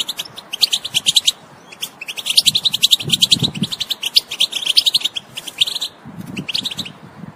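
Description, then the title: European goldfinch song: rapid, liquid twittering of high chirps and trills in dense bursts, with a brief pause near six seconds and soft low thumps beneath. Wild bird. "اجمل غناءالحسون الخلويchant chardonneret sauvage"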